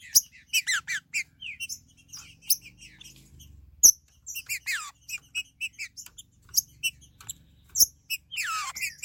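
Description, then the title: Green-winged saltator song: bursts of sharp chirps and falling slurs separated by short pauses, with loud clicks and a faint low hum beneath. "Trinca Ferro"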